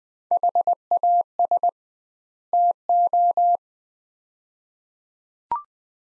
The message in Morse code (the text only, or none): HAS TO